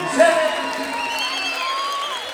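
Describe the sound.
A crowd at Complejo Sur cheers and claps during a cumbia show in a steady, loud roar, with high whoops and shouting voices rising over the continuous wash of applause.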